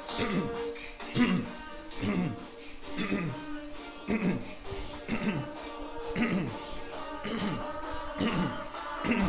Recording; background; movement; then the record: throat clearing; music; walking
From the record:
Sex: male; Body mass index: 22.0 kg/m2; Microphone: on the chest, facing outward